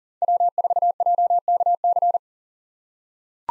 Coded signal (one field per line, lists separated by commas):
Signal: Morse code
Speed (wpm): 40 wpm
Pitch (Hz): 700 Hz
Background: none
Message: W4JKC